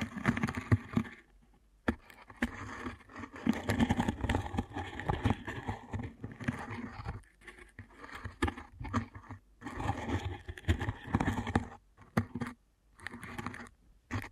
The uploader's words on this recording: ASMR Deep Ear Canal Massage for Sleep (No Talking).